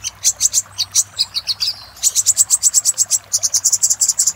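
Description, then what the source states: Little spiderhunter song: quick high chips at first, then after a short pause a very rapid, regular stream of shrill notes. Master song used for training cage birds, labelled 'Labaik'.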